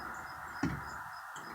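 A screw is being backed out of the inner door panel of a 1975 Kenworth LW924 truck, but it only spins because the screw or its hole is stripped out. A steady quiet hiss of turning runs throughout, with one brief dull low bump near 0.6 s. Nothing has seated or clicked.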